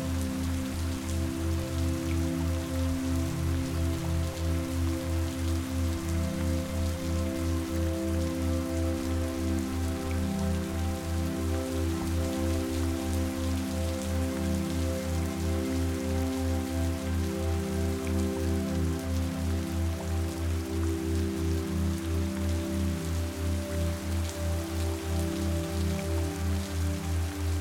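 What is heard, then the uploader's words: Steady rain patters densely over a constant low droning hum with a quick regular throb, unchanging from start to finish. Rain sounds.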